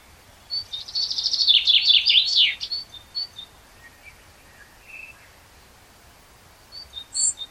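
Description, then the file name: Common blackbird song with one loud burst of high chattering twitter, followed by faint soft notes and a short squeak near the end. "Turdus merula"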